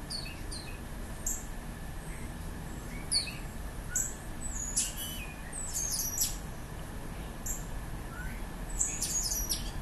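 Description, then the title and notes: Birds giving short, high chirps and sharp tweets scattered throughout, over a steady low rumble. Birds recorded together with a plane on 30 August 2020. "The Birds & the plane by Juraj Kojš"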